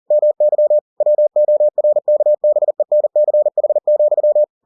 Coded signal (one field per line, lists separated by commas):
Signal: Morse code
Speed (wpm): 40 wpm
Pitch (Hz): 600 Hz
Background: none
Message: MY WORKBENCH,